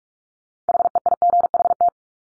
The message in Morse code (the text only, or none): HEIGHT